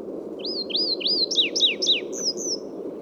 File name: Ocyris rutilus song